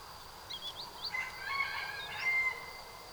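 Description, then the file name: Bird calls: a few short, sharp, high notes with some lower chirps, loosely repeated over three seconds against a steady high hiss. "pit-pit-pit" call; recorded 26 August 2017. "170826 MR 062430 02-pit-pit-pit"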